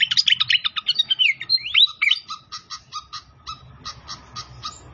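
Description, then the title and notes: Pied fantail song: a fast jumble of squeaky chirps and upslurred whistles, then a run of short clicking notes repeated several times a second, fading toward the end. Masteran training recording of a clear-voiced bird, mixed with the sound of trickling flowing water. "Masteran Sikatan Kipas Suara Jernih Dan Suara Gemericik Air. Suara Burung Sikatan Londo"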